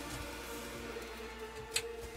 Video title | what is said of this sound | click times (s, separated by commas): $500 Budget Gaming PC Build Guide! (2021) | you go here's a little click | 1.8 s